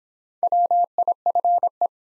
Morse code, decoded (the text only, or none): WIFE